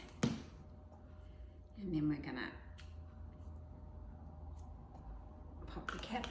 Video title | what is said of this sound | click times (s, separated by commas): Rosemary Parmesan shortbread | and just snap into place | 0.2 s